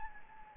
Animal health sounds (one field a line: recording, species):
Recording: mosquito wingbeat signal from an infrared sensor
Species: Anopheles gambiae